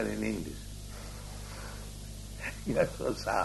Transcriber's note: laughs